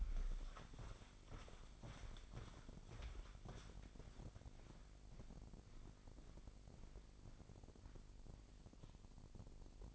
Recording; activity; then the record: daily activity, microphone in the room; walk to room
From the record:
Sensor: 5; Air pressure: 999.5 hPa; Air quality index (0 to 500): 224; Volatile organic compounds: 22 ppm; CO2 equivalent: 2746 ppm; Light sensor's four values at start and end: 32/67/29/29 and 35/81/32/31